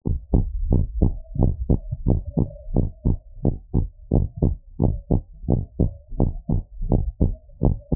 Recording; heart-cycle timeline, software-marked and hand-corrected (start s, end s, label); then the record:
heart sounds
0.00	0.02	S1
0.02	0.32	systole
0.32	0.46	S2
0.46	0.68	diastole
0.68	0.84	S1
0.84	1.00	systole
1.00	1.14	S2
1.14	1.40	diastole
1.40	1.54	S1
1.54	1.68	systole
1.68	1.80	S2
1.80	2.06	diastole
2.06	2.18	S1
2.18	2.38	systole
2.38	2.48	S2
2.48	2.72	diastole
2.72	2.86	S1
2.86	3.06	systole
3.06	3.18	S2
3.18	3.44	diastole
3.44	3.56	S1
3.56	3.76	systole
3.76	3.88	S2
3.88	4.14	diastole
4.14	4.26	S1
4.26	4.44	systole
4.44	4.56	S2
4.56	4.82	diastole
4.82	4.96	S1
4.96	5.12	systole
5.12	5.22	S2
5.22	5.48	diastole
5.48	5.62	S1
5.62	5.80	systole
5.80	5.92	S2
5.92	6.18	diastole
6.18	6.32	S1
6.32	6.54	systole
6.54	6.64	S2
6.64	6.88	diastole
6.88	7.04	S1
7.04	7.22	systole
7.22	7.36	S2
7.36	7.64	diastole
7.64	7.80	S1
7.80	7.96	systole
From the record:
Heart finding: normal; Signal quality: good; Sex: female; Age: 60 years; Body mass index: 24.3